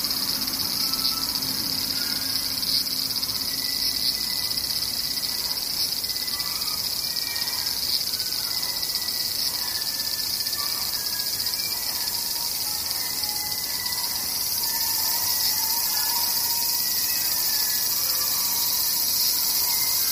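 Cicadas drone without pause for the whole stretch, a dense, steady, high-pitched buzz with a shrill band on top. Loudness holds level throughout. Faint chirps and short calls flicker underneath, and a low hum sits in the first few seconds.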